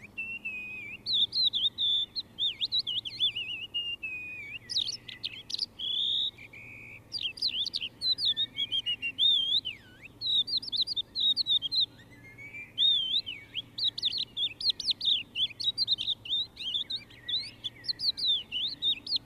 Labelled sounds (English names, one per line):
Crested Lark song